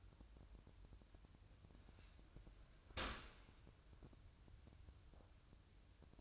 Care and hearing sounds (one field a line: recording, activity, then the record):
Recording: daily activity, microphone in the room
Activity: open dishwasher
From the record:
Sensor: 2